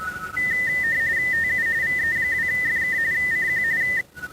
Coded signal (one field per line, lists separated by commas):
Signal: RTTY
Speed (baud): 45.45 baud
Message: TU VE2FK CQ